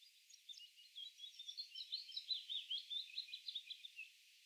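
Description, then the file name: Common chaffinch song, a rapid run of bright, chirpy notes strung together for about four seconds with no other clear sounds. "Fringilla coelebs"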